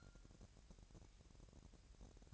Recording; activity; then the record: daily activity, microphone in the room; take from stove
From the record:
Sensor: 2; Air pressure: 1011.9 hPa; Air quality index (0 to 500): 194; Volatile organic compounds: 3 ppm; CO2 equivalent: 1376 ppm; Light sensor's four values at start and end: 73/174/71/69 and 73/174/71/69